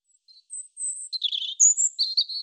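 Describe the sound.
European robin singing: drawn-out high thin whistles leading into a quick, liquid, tumbling warble.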